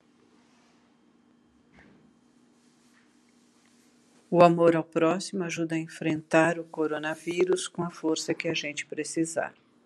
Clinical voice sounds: spoken sentence; Brazilian Portuguese; female; 60 to 69 years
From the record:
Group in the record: control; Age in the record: 65 years

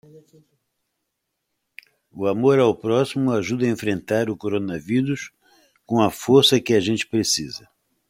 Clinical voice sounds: spoken sentence; Brazilian Portuguese; female; 20 to 29 years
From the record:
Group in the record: control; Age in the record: 20 years

